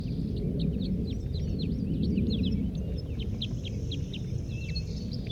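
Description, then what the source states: Red Crossbill singing a quick run of clipped, chirpy notes followed by more evenly spaced notes, with constant low background rumble. Wild male, not yet captured, one of a group of three, singing from the top of a pine; recorded almost 8 a.m., June 1, 1983, down Poverty Hollow.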